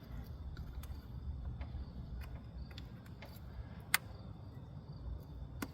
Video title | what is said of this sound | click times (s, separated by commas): Knock Sensors replacement 99 - 06 chevy silverado | Here, lock into place. Make sure it's locked in. | 3.9 s